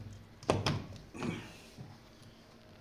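The main filter cartridge of a water purifier is pushed into its housing, giving two sharp, dull thunks at 0.5 s and 0.7 s, followed by a softer scraping rumble around 1.2 s. The cartridge is seated in place, ready for the cap to be tightened.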